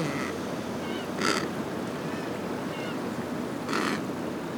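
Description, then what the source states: Penguin calling: two short, harsh bursts over steady wind and surf noise. Recorded at Brown Bluff, Antarctica.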